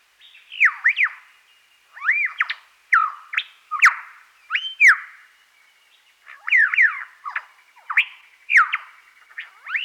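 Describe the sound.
Superb lyrebird song, loud slurred whistled phrases repeated at short intervals, each looping up and down, with crisp clicking notes.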